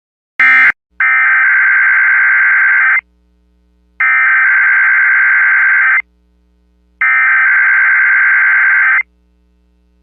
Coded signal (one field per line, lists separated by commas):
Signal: Emergency Alert System (SAME) tones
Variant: header bursts